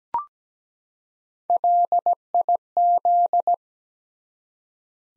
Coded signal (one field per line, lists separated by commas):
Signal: Morse code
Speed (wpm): 17 wpm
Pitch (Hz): 700 Hz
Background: none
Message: LIZ